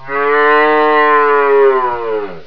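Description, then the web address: Cow giving one long, steady, richly harmonic moo lasting over two seconds, dropping slightly in pitch as it fades at the end. "Dieren COW"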